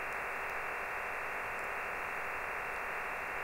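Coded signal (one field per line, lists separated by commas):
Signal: digital SSTV (DRM)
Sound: steady dense rushing hiss confined to a midrange band, unchanging throughout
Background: radio static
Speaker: ini aja udah ada satu menit 30 detik lebih ya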